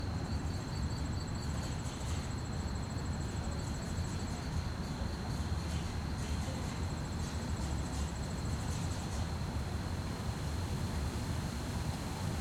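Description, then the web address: Crickets chirping in a steady high pulsing line, with a fainter, higher trill coming and going, over a constant low rumble. Fast-chirping crickets at night on a quiet street, with distant activity and slight wind; stereo. "GDC 2017-Game Audio Bundle Articulated Sounds - Quiet Streets QUIET STREET Night fast chirp crickets, distant activities, slight wind"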